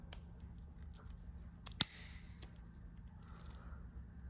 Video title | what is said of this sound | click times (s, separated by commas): How to Repair John Deere Single Use Skid Steer Handles | and then you just start rotating it to the side and you're gonna hear it click | 1.8 s